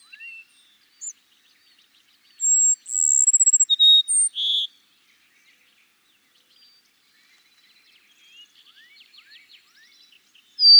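Cassin's sparrow song: a high whistle and quick stuttering trill, then level whistles and a low buzzy note; faint twitters follow before the next song begins.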